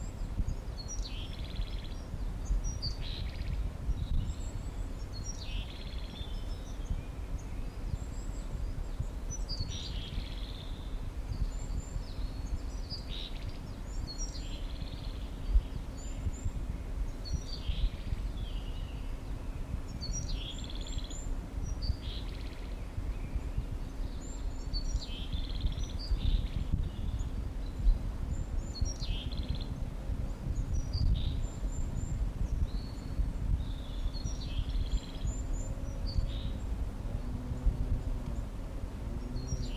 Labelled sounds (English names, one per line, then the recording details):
Willow Tit
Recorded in the wild
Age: adult
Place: Mirnock, Kärnten, AT
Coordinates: 46.758, 13.714
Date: 1968-04-15
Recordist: Brunner, Thomas
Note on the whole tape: Aufnahme: Mirnock, Müllner Gatter, Kärnten